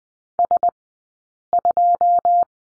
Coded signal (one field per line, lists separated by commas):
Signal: Morse code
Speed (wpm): 20 wpm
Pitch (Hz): 700 Hz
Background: none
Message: S2